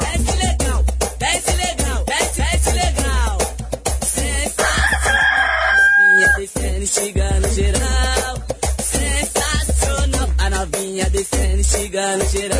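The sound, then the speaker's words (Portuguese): A single rooster crow rings out midway, a strained, rising cock-a-doodle-doo cutting over loud, thumping music with a heavy bass beat that plays throughout. “aqui o Galo canta, meu irmão.”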